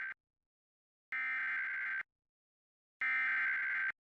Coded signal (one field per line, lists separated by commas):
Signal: Emergency Alert System (SAME) tones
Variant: header bursts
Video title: Severe Thunderstorm Warning on KAZD-TV (EAS #633) (4/8/24)